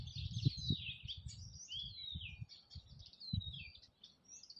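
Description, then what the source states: Birds twittering, high warbled phrases and sliding whistles, over low thumping and rumbling noise. Forest birds recorded in spring.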